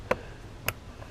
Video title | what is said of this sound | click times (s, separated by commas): GM 3.0L/3.6L p0496 Evap purge valve replacement | in you hear the audible click and | 0.7 s